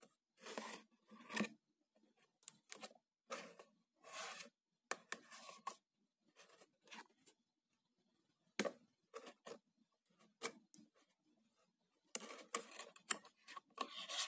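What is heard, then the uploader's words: A cardboard box is handled in short, irregular bursts of scraping, rubbing and rustling, with quiet gaps between them. A sharp knock lands near the ninth second, and from about twelve seconds on the scraping grows denser and louder, running almost without pause. ASMR - Cardboard box sounds.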